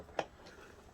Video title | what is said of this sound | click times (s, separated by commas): Bissell EasyVac w/ PowerBrush Unboxing Acquisition (3108) | in here. There we go. Clicks right in. | 0.2 s